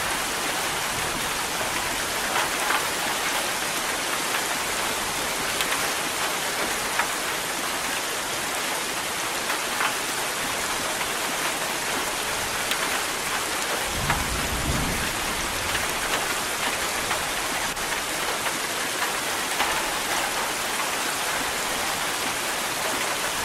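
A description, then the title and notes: Steady, heavy rain pours without a break, a dense bright hiss with fine drop patter throughout. Its level hardly changes. Around the fourteen-second mark a brief low rumble swells and fades beneath it, like thunder. Nature Sounds Rain and Thunder.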